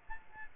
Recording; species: mosquito wingbeat signal from an infrared sensor; Aedes albopictus